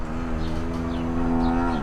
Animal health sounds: contact call of a hoofed animal; cattle; low-frequency (closed-mouth) or high-frequency (open-mouth) call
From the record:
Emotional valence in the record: negative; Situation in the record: full separation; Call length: 1.83 s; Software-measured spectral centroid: 1300 Hz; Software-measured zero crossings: 840 a second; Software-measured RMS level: -24 dBFS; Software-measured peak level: -10 dBFS

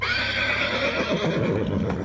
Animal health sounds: contact call of a hoofed animal; horse; whinny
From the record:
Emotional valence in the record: negative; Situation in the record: group separation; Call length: 2.1 s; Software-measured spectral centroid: 2020 Hz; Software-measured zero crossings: 2710 a second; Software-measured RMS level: -24 dBFS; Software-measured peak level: -10 dBFS

